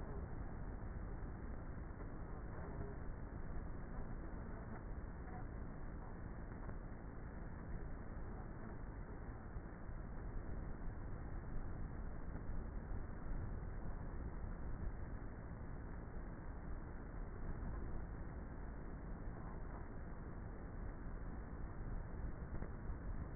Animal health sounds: honeybee colony, microphone inside the hive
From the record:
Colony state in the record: queenless with a low population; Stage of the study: before two queens were removed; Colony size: about 30,000 bees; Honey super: no

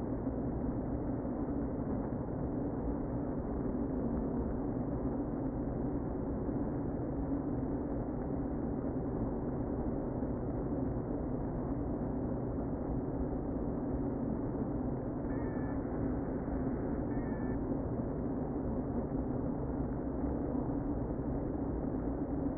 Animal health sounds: honeybee colony, microphone inside the hive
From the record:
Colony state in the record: queen present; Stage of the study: before two queens were removed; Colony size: about 60,000 bees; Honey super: yes

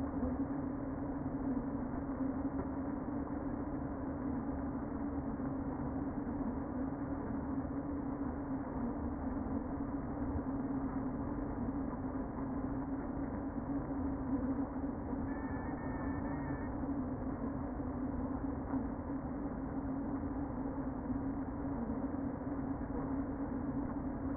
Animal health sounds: honeybee colony, microphone inside the hive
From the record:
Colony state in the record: queen present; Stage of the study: before two queens were removed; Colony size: about 60,000 bees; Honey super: yes

